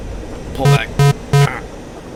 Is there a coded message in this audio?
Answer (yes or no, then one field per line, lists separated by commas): no